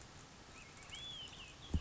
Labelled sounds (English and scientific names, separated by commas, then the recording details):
Olive-sided Flycatcher (Contopus cooperi)
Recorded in Sonoma County, California